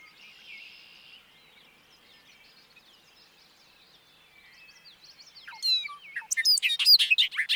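Bobolink song: quiet scattered chirps for several seconds, then a loud burst of rapid, bubbling notes begins near the end.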